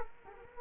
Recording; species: mosquito wingbeat signal from an infrared sensor; Culex quinquefasciatus